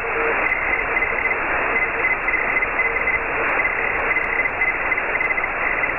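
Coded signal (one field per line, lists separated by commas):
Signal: Hellschreiber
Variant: Feld Hell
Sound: rapid stuttering buzzy tone near 2 kHz under steady hiss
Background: radio static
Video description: I screen captured this QSO with Scott, N0IU on 14.063 MHz. You will hear his audio, but not my audio while I am transmitting.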